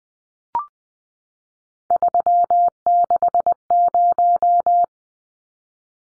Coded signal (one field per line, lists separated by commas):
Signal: Morse code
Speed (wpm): 20 wpm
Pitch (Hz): 700 Hz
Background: none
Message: 360